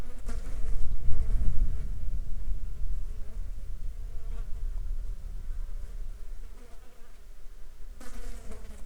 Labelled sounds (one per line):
wind
insects